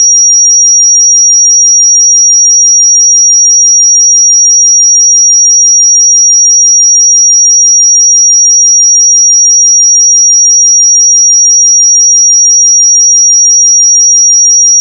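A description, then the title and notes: A pure sine tone near 5698 Hz holds perfectly steady and high-pitched for the full fifteen seconds, with no other sounds. 5698 Hz 1 Hz Interval Sine Pure Tone Frequency 441000 Sample Mono.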